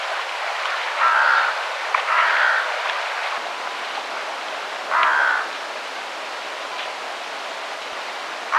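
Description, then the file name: Carrion crow giving harsh, hoarse caws: two close together early on, then another a few seconds later, over a steady hiss like rain or traffic. "Corvus corone"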